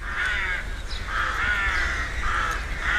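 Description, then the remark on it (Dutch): Rooks caw repeatedly in a busy colony of at least 230 pairs in a row of oak trees around flats in the Noorderpark district of Assen, Drenthe, Netherlands; harsh overlapping calls rise and fall in waves over a steady low rumble, with no pauses between the calls. “Verslaggever Henny Radstaak is bij een van de roekenkolonies in de Drentse hoofdstad.”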